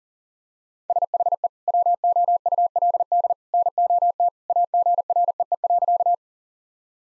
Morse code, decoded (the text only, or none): SHE WOULD NOT AGREE.